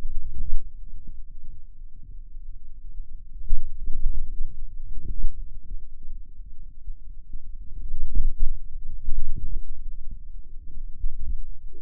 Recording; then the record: forearm muscle sounds (acoustic myography)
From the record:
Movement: inward rotation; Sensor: system 2, bracelet of six BSWA MPA416 microphones around the upper forearm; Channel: 5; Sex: male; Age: 22 years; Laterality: right